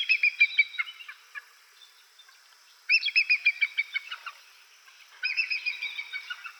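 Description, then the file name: Bald eagle giving high, squeaky piping calls in rapid stuttering series, three bursts separated by short pauses. "Golosa ptic - Belogolovyj orlan Haliaeetus leucocephalus"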